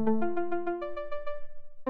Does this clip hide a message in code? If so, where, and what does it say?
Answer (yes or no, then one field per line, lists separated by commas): no